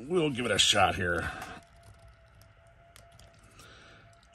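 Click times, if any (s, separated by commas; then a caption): 3.0 s. Someone talks briefly while trying to pull the plastic head off a 3.75-inch Heavy Armor Toys retro O-ring action figure's ball-joint neck. The head won't come off, and after a quiet stretch of faint handling noise, a sharp snap at 3.0 s marks it seating back onto the ball joint.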